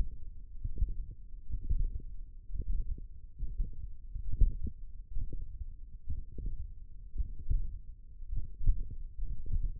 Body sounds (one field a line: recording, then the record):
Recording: forearm muscle sounds (acoustic myography)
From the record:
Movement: tripod grip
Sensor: system 1, eight BSWA MPA416 microphones around the upper forearm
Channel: 3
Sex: male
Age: 23 years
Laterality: right